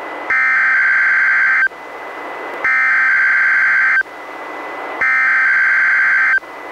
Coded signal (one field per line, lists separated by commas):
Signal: Emergency Alert System (SAME) tones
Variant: header bursts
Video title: EAS #554: NWR Required Weekly Test- Sep. 22, 2021- 11:00AM PDT